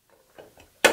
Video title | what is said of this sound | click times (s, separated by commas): KP Antennas: ProLine Parabolic Antenna Assembly Features | just slides in here with a caller make sure that pops into place and then | 0.8 s